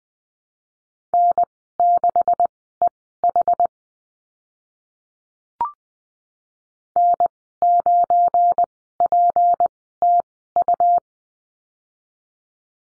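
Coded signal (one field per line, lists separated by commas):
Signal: Morse code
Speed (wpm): 20 wpm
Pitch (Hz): 700 Hz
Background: none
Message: N6EH N9PTU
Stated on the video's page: Morse course lesson on the letter b with call signs, Farnsworth speed 20/10 wpm.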